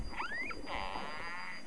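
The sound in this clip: Whale call: a tonal sweep rising steeply then gliding higher before dropping abruptly, followed by a softer, steady harmonic tone under low background rumble.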